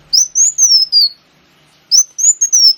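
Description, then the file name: Sunbird song: two high, thin phrases of joined whistled notes, each rising slightly then easing downward, with a gap between. Lure recording (pancingan) of kolibri wulung song. "suara burung kolibri wulung pancingan"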